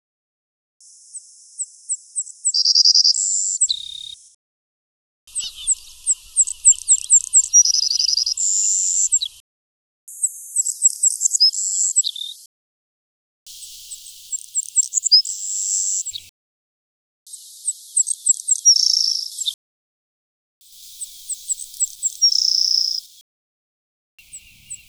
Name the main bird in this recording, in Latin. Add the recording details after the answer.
Passerculus sandwichensis. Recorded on Kent Island, New Brunswick, in 2005